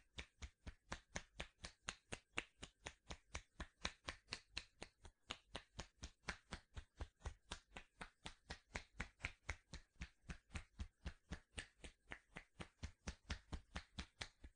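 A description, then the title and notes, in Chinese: Hair combing and massage: quick, even strokes repeat about three or four times a second, each a short bristly swish with a soft low thump. The rhythm stays steady throughout, with only a brief hitch around five seconds. 梳头+按摩。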